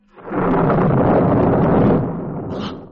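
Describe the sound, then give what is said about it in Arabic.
Hendawi Bey's car, deliberately blown up, explodes in a loud, sustained blast, a deep, broad roar that holds for about two seconds before easing off into a lingering rumble. No voices are heard. “العربية دي عربية هنداوي بيه، وانا اللي خليتها انفجرت.”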